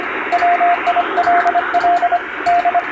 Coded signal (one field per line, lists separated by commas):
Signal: Morse code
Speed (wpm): 25 wpm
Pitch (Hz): 700 Hz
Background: radio noise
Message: WILL D